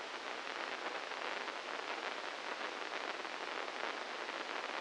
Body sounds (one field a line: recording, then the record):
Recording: brain microelectrode recording played as sound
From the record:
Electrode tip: inside the subthalamic nucleus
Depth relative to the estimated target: -2 mm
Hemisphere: right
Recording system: NeuroSet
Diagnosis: Parkinson's disease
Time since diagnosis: 15 years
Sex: female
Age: 59 years